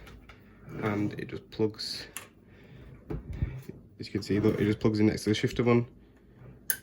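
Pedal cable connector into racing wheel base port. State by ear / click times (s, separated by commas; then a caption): seated / 6.7 s. The pedal set's cable connector is plugged into the PXN V9 racing wheel base's port next to the shifter port while someone talks. A strong, sharp click at 6.7 seconds shows the connector has seated.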